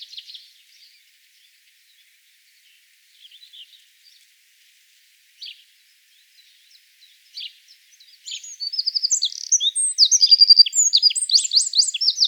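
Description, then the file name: Eurasian wren calling: faint scattered high chips for several seconds, then a loud burst of rapid, sharp, very high notes and trills near the end. "Troglodytes troglodytes"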